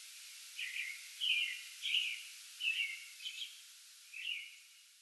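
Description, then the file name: American robin caroling song, several short fluty whistled phrases in quick succession before a final phrase and fading quiet. Pre-dawn song bout recorded 8 May 2022. "2022-05-08 American Robin pre-dawn song bout"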